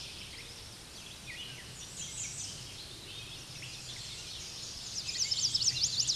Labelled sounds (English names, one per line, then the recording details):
American Redstart song
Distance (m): 45 m
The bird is about 15 m above the microphone
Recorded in a Pennsylvania forest on 16 May 2024 at 06:24
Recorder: AudioMoth, point MSD-2305
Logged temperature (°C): 16.9 °C
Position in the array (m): 32 m, 227 m